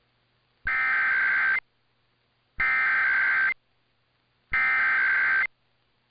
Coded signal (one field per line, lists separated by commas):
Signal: Emergency Alert System (SAME) tones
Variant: header bursts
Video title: [EAS #2115-#2147] RWT & RMT Madness Continues